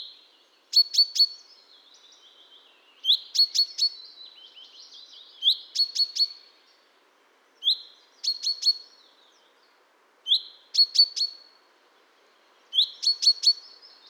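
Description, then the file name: Common chaffinch calls: short bursts of three or four sharp, clicking high notes, each burst followed by a thin trailing whistle, repeated about every two to three seconds. "Fringilla coelebs"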